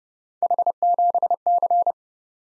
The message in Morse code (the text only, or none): H7C